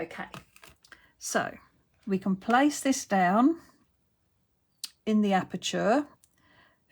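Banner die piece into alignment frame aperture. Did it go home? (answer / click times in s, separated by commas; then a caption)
yes / 4.8 s. Someone talks while a metal banner die or stamp piece is placed down into the aperture of an alignment frame. One sharp click is heard at 4.8 s as the piece locks into place, seated in the frame aperture.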